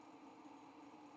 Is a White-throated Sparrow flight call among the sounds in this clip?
no